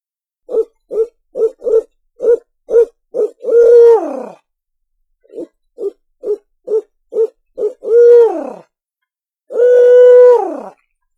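Owl hooting in two bouts: each a rapid run of short, even hoots that ends in a longer drawn-out note falling away at the end, with a final long hoot after the second; quiet background.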